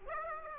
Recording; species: mosquito wingbeat signal from an infrared sensor; Aedes aegypti